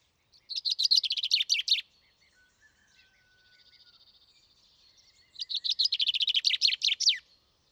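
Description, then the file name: Common chaffinch song, two rapid trilled strophes. A faint buzzy trill and a thin whistle come between them. "Fringilla coelebs"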